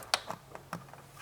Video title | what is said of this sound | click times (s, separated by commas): Code P1800 Fixed For Nissan 4.0L V6 Fontier, Pathfinder, Xterra | Make sure you hear a snap so it snaps into place. | 0.1 s